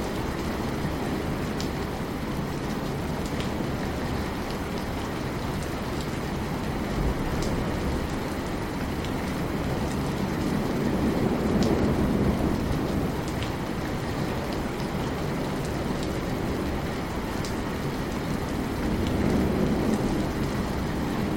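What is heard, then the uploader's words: Soft, steady rain hisses evenly with a low rumbling undertone, swelling slightly around twelve and nineteen seconds, with faint scattered drips above. A Peaceful Rainy Night With Soft Rain & Wind Sounds. As the raindrops fall delicately from the heavens, their rhythmic natural sounds against the ground create a gentle melody that resonates through the air.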